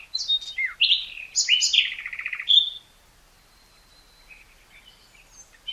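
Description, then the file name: Common nightingale delivering one varied phrase of whistles and a buzzy rapid trill, followed by quiet thin notes. "Luscinia megarhynchos"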